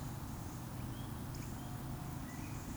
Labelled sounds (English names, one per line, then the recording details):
Eurasian Woodcock whistle
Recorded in Baden-Württemberg, Germany, on 26 June 2020 at 19:32 UTC
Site 44395, 213 m above sea level